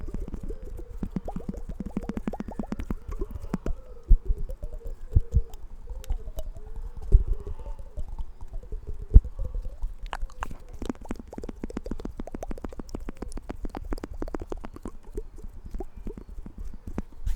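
Mouth sounds and hand sounds outdoors: rapid, uneven clicks and taps, sparse at first, then a dense burst of sharp clicks from about ten seconds on. Soft wet, murmuring tones drift underneath through the first half, over a faint low rumble.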